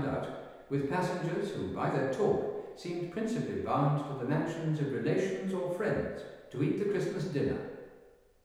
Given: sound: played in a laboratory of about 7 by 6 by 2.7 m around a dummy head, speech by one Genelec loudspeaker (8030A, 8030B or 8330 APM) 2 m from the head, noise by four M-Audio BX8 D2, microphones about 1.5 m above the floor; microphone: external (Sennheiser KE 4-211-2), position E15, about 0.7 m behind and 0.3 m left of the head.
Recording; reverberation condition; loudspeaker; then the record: male speech in English; high; 60 degrees to the left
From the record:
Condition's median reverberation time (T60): about 1300 ms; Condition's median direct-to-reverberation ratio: about -4.0 dB